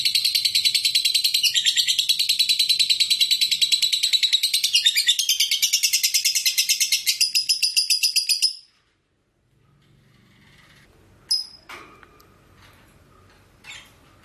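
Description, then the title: Lovebird pouring out a dense, high chattering trill for about eight seconds, then silence followed by a few scattered clicks and short chirps. Konslet-type lovebird song. "Lovebird Konslet"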